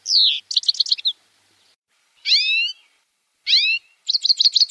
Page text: Щегол (птица) - пение